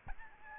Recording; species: mosquito wingbeat signal from an infrared sensor; Aedes albopictus